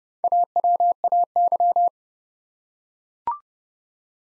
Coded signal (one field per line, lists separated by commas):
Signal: Morse code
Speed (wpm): 30 wpm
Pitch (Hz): 700 Hz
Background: none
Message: AWAY